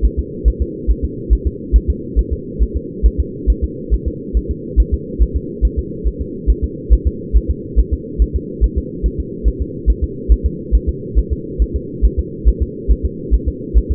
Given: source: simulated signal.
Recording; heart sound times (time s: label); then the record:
fetal heart sounds
0.05 s: S1
0.19 s: S2
0.48 s: S1
0.62 s: S2
0.91 s: S1
1.04 s: S2
1.33 s: S1
1.47 s: S2
1.76 s: S1
1.90 s: S2
2.19 s: S1
2.33 s: S2
2.62 s: S1
2.76 s: S2
3.06 s: S1
3.20 s: S2
3.50 s: S1
3.64 s: S2
3.94 s: S1
4.08 s: S2
4.37 s: S1
4.51 s: S2
4.80 s: S1
4.94 s: S2
5.22 s: S1
5.37 s: S2
5.65 s: S1
5.79 s: S2
6.07 s: S1
6.22 s: S2
6.50 s: S1
6.64 s: S2
6.93 s: S1
7.07 s: S2
7.37 s: S1
7.50 s: S2
7.79 s: S1
7.94 s: S2
8.22 s: S1
8.36 s: S2
8.64 s: S1
8.78 s: S2
9.06 s: S1
9.20 s: S2
9.48 s: S1
9.62 s: S2
9.90 s: S1
10.04 s: S2
10.32 s: S1
10.46 s: S2
10.75 s: S1
10.89 s: S2
11.19 s: S1
11.32 s: S2
11.62 s: S1
11.76 s: S2
12.05 s: S1
12.19 s: S2
12.48 s: S1
12.62 s: S2
12.91 s: S1
13.05 s: S2
13.34 s: S1
13.48 s: S2
13.78 s: S1
13.91 s: S2
From the record:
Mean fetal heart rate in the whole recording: 140 bpm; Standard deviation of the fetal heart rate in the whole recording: 2 bpm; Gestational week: 34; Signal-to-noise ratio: -4.1 dB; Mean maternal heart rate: no maternal heart sound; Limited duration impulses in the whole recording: absent